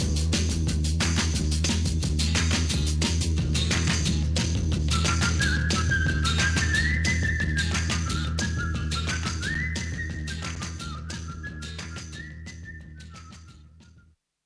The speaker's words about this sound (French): D'après mon chalon, je m'en vais en sifflant.